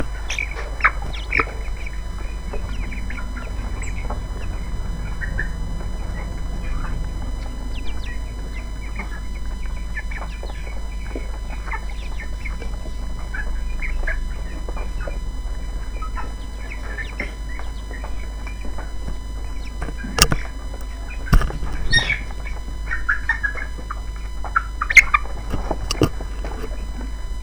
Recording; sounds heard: poultry house recording; background noise or bird activity such as feeding and pecking